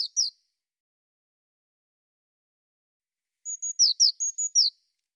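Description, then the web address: Eurasian blue tit call: a phrase ends at the start, then silence, then a full phrase of high, steady notes and falling slurred notes in rapid alternation. "cianscape birddata Deverinetal 2025 File cleaned normalized Bird Cy Ca"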